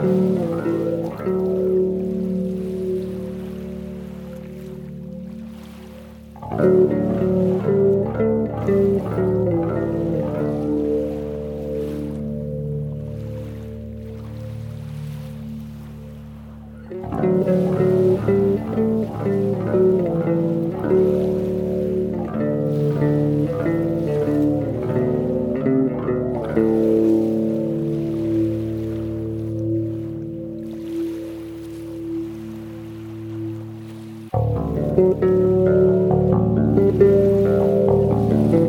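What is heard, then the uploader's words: A mellow bass solo plays slow, low notes that ring out and fade for long stretches. Fresh notes or chords are struck around every eight to ten seconds, each swelling then slowly dying away, with small shifts in pitch between them. This song is a mellow Bass solo with some peaceful and relaxing Lake Michigan waves for accompaniment.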